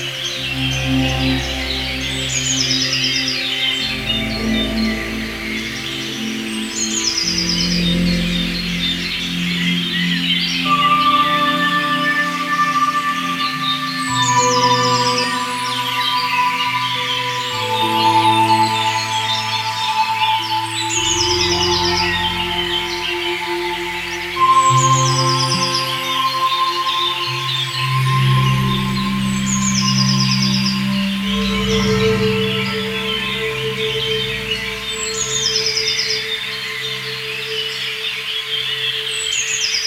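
Sustained prepared-synthesizer tones shift slowly in layered low and mid pitches while bright spring birdsong chirps repeat steadily above a constant river-like hiss.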